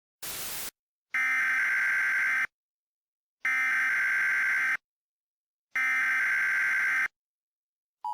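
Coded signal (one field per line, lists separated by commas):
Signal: Emergency Alert System (SAME) tones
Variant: header bursts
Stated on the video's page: Mock EAS alert, a fictional recreation voiced by its creator.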